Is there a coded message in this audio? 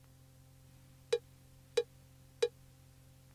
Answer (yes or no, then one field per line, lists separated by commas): no